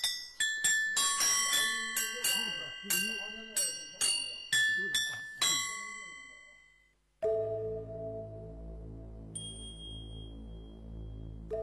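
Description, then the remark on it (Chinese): About a dozen bright, ringing strikes on a yunluo gong chime at varied pitches in a loose, uneven rhythm, played by the Baimiao Village music society in traditional Buddhist ritual music, with a voice faintly underneath, then a steady reedy drone with a thin high tone. “这是横笛， 笛子， 这是笛子，这叫云锣。”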